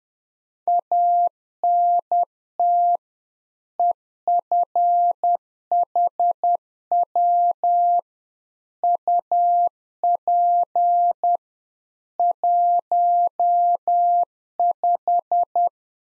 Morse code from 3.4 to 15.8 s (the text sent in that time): EFHW UP 15